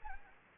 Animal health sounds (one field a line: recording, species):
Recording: mosquito wingbeat signal from an infrared sensor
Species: Anopheles arabiensis